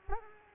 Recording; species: mosquito wingbeat signal from an infrared sensor; Culex pipiens